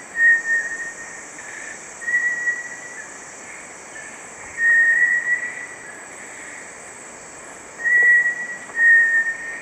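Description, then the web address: Bartlett's tinamou calls: clear, level whistled notes repeated at uneven intervals, several in all, over a steady high insect drone. Calls recorded in the eastern lowlands of South America. "Natures Songs S America Eastern Lowlands. Crypturellus bartletti, calls"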